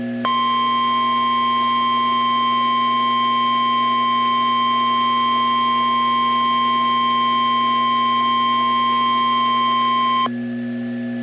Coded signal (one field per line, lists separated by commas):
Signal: Emergency Alert System (SAME) tones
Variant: 1050 Hz attention tone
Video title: DOUBLE HEADER Severe Thunderstorm Warnings (EAS #210+#211)